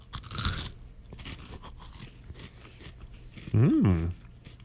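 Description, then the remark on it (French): A sharp, loud crunch as a crispy pea snack is bitten, followed by quieter crackling chewing, then a short hummed vocal sound that rises and falls in pitch. “Es-tu prêt à croquer dans ton pois?”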